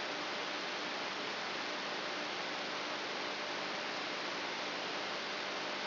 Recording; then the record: brain microelectrode recording played as sound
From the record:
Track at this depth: inside the subthalamic nucleus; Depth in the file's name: 5.816 mm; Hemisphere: left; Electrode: 3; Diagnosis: Parkinson's disease